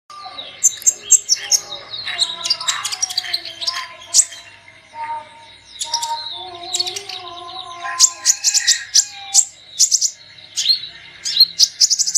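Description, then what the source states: Sunbird twittering with high, thin chirps and buzzy trills, lower whistled notes weaving underneath, then repeated sharp bursts toward the end. Lure sound for attracting birds.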